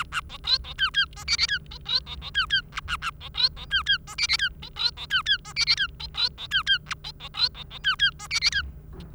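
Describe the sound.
Bengalese finch singing a continuous chattering song of many quick buzzy and chirping notes over a faint steady low hum.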